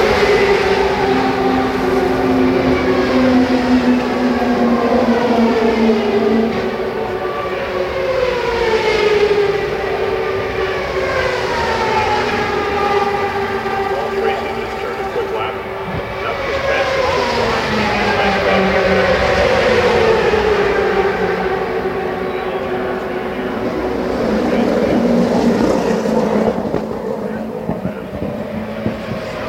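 IndyCar engines roar steadily through the whole stretch, several cars overlapping at once. Their whining pitches keep sliding up and down as cars pass, with clear sweeps around 8, 16, 21 and 26 seconds over a constant dense rumble.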